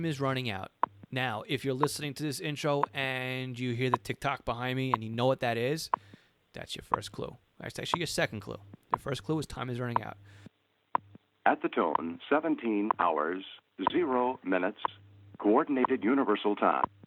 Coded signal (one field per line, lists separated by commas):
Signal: radio time signal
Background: speech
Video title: 038 - Petition to Save WWV, WWVB, and WWVH